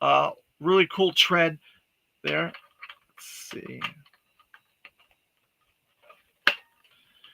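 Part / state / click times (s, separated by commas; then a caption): plastic toy wheel onto a vehicle axle / seated / 6.5 s. A plastic toy wheel is pushed onto the axle of an action-figure vehicle. Someone talks at the start, then a few faint ticks are heard before a sharp click at 6.5 s as the wheel snaps on and seats.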